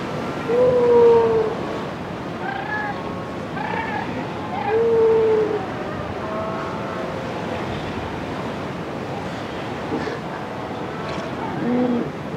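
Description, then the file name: Sea lions giving several short, tonal, bleating calls, some fainter and overlapping, over a constant rushing background. Calling on rocks beside the Pacific Ocean, Chile. "felix blume animals sea lions calls rock pacific ocean chile"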